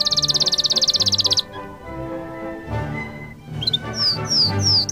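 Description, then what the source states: Canary gives a quick, high pulsed trill, pauses, then sings several slurred falling whistles, while gentle music continues in the background. Canary song combined with music.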